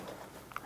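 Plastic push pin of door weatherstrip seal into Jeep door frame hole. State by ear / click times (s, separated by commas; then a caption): seated / 0.5 s, 0.6 s. A plastic retaining push pin on the door weatherstrip seal of a 1997-2006 Jeep Wrangler is lined up with a hole in the door frame and pushed in with the thumb. Over a low, steady background, it snaps home with a faint click at 0.5 s and a sharper pop at 0.6 s. The pin is seated and locked into place.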